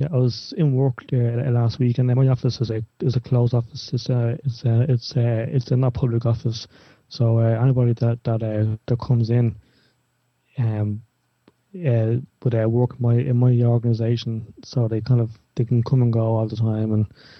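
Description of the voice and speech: An adult man from Ireland who stammers speaks in a low, steady voice. Part-word and whole-word repetitions break up his speech ("it's... it's it's... it's", "that that... that"), along with a stretched final sound and long silent pauses filled with "um". These are typical features of stuttering.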